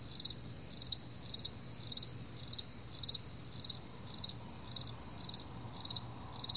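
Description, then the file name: Crickets sounding many regular pulsed chirps, with a steady high insect drone behind. Early morning at 4 AM, summer, July 2012. "freesound Early Morning Summer Crickets 4 AMJuly 2012"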